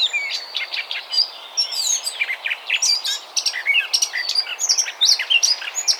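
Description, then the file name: Eurasian blackcap song, a fast, varied warble of high chirps and short rising and falling whistles. It runs without pause through the whole stretch. "Sylvia atricapilla"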